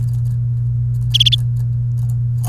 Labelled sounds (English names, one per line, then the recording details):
Domestic Canary song
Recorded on 29 April 2018 at 16:36
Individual llb3